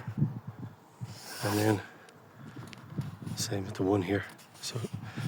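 Someone talks while handling a Remis blind frame clip being fitted to its mounting in the window surround of a VW Crafter or MAN TGE van, with a few faint handling knocks between the words. Nothing has seated or clicked yet.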